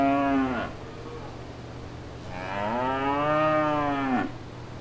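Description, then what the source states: Cow calling: the tail of one moo, a brief pause, then a long rich moo that rises and drops at the end, over a low hum. Cow at fair grounds with people.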